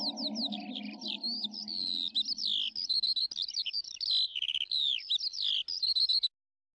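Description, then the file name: Lark song, a rapid continuous stream of high twittering, trilled and warbled notes with quick rising and falling phrases, ending abruptly; a low hum underlies the first half. "alouette"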